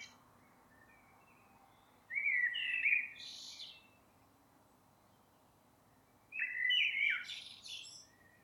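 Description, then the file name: Two blackbird song phrases several seconds apart, each a short fluted warble topped by a thin, high twitter. "Turdus merula"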